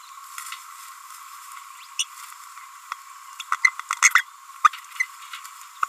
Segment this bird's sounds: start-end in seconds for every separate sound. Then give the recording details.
1.99-2.04, 3.40-3.42, 3.64-3.67, 4.15-4.21, 4.64-4.68, 5.00-5.04, 5.82-5.85. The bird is a female. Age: 29 days. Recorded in a nest box in Venezuela. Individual 17B42A4